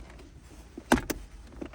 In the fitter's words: Yeah, just like that. Just kind of clicks in place.